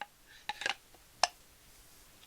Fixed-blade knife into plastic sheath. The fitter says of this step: with the you know like like shaking it has a definite positive click when